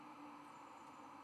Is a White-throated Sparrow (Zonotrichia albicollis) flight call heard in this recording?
no